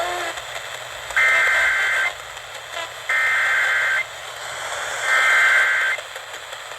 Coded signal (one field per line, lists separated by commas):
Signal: Emergency Alert System (SAME) tones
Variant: header bursts